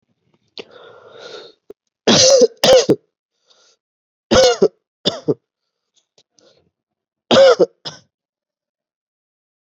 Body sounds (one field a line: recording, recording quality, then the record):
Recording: heavy voluntary cough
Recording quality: excellent, no background noise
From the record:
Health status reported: COVID-19 positive, no symptoms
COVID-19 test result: positive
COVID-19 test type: RT-PCR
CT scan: not taken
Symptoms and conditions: fatigue, muscle pain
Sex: male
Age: 23 years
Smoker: yes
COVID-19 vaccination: both doses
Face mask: not worn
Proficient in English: yes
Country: India